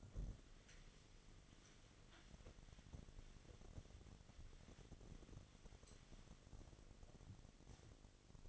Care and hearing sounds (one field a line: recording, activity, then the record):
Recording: daily activity, microphone in the room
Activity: wipe stove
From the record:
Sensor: 4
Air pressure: 1007.8 hPa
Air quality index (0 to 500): 195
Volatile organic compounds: 7 ppm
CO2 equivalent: 1954 ppm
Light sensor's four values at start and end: 22/70/26/26 and 22/70/26/26